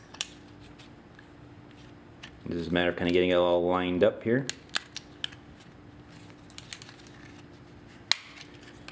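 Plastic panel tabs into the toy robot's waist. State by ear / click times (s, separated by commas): seated / 8.1 s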